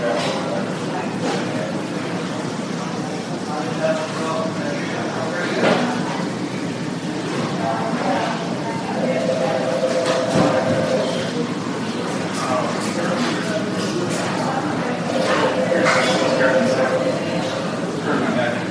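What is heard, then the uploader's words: A hospital emergency room with a steady, dense murmur of overlapping voices throughout. A man's voice sometimes stands out, and scattered knocks and clatters cut through. A sustained mid-pitched tone sounds around ten seconds and again near sixteen seconds. Hospital Emergency Room.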